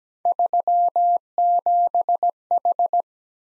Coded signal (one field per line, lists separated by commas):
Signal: Morse code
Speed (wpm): 17 wpm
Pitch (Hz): 700 Hz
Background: none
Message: 37H